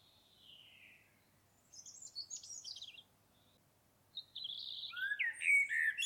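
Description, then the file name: Common blackbird song: a soft, falling whistle and a scratchy high twitter, then a fuller, warbling phrase rising into squeaky notes. "Turdus merula"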